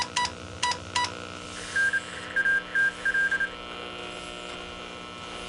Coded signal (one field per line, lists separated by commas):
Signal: Morse code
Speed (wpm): 28 wpm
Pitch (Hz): 1600 Hz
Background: none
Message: N ATL